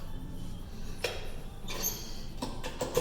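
A spring-loaded seat adjustment pin on a gym machine is moved into the seat post after the seat, which had been raised by mistake, is lowered. A sharp click at 1.0 s marks the pin re-engaging, followed by softer clanks and rattles of the machine. The seat is locked in place.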